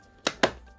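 A plastic limb is pressed into the body socket of a Jakks Pacific Sonic Giant Eggman Robot (Death Egg Robot) battle set toy, without needing to be slammed in. Two crunchy clicks sound at 0.3 s and 0.4 s, the second slightly louder, as the limb seats firmly in place.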